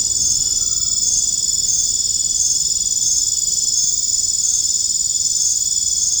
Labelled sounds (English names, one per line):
none